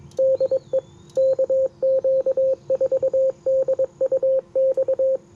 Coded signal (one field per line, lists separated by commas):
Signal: Morse code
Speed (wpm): 22 wpm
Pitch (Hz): 530 Hz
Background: radio noise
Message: DE KQ4DUX